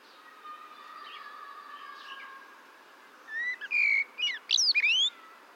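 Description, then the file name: Eurasian blackbird song: a low drawn-out note first, then a rapid burst of sharp whistled and squeaky notes rising to high pitch. "Turdus merula"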